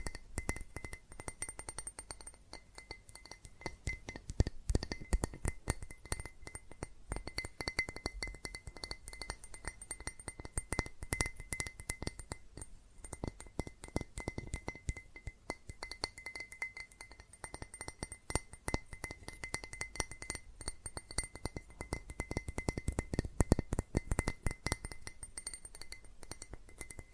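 Fast tapping on glass and ceramic objects, a dense, continuous stream of sharp clinks with no pauses across the whole stretch. The hits are quick and slightly uneven, with bright ringing tones that sustain beneath the clatter and shift in pitch now and then.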